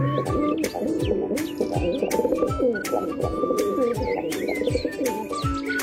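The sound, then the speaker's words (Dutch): A female dove coos softly and plaintively in a steady run of low, mournful, rolling calls, while brief higher bird chirps flick in and out above. “Ja, het vrouwtje kan ook heel mooi roepen, hoor. Van de duif. Heb je dat ook? Een heel mooi zacht, een beetje klagend geluid.”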